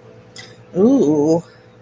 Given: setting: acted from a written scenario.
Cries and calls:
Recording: vocal sound without words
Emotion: desire

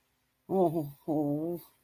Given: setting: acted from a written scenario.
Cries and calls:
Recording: vocal sound without words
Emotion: distress

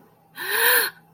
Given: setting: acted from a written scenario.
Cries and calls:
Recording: vocal sound without words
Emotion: fear

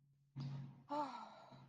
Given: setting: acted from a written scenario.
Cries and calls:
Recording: vocal sound without words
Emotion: ecstasy

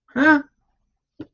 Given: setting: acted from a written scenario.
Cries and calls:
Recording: vocal sound without words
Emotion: negative surprise

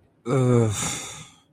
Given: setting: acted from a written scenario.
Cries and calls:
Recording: vocal sound without words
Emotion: shame

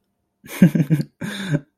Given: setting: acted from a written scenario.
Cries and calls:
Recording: vocal sound without words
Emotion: adoration

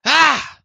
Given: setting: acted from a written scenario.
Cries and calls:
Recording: vocal sound without words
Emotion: negative surprise

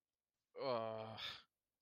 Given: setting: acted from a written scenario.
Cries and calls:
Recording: vocal sound without words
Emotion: embarrassment

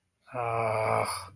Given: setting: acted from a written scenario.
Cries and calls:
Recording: vocal sound without words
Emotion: anger

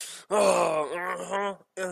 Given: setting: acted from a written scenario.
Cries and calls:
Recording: vocal sound without words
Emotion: triumph

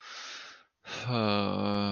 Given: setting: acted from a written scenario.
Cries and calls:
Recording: vocal sound without words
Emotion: shame

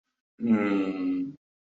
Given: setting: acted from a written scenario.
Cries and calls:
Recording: vocal sound without words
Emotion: desire

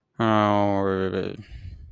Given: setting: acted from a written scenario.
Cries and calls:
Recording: vocal sound without words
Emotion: embarrassment

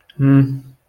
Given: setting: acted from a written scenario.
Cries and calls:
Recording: vocal sound without words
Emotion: neutral

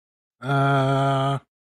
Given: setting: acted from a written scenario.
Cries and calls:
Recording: vocal sound without words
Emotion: confusion

